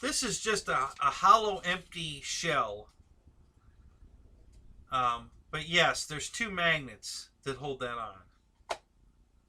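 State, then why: Seated. A hollow plastic shell cover, held on by two magnets, is put back onto the fuselage of an RC plane. Someone talks for most of the clip, then a single sharp click at 8.7 s marks the cover snapping into place, seated.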